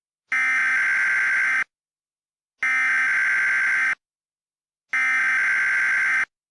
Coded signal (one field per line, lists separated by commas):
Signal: Emergency Alert System (SAME) tones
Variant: header bursts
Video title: EAS Mock 13: Uprising